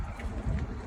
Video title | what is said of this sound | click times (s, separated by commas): SDS - MM PreTrip Inspection Tutorial | you heard the lock | 0.6 s